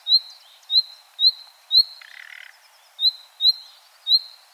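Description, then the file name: Common nightingale producing sharp rising whistles about twice a second, paused once by a rough, buzzy rasp. "Luscinia megarhynchos"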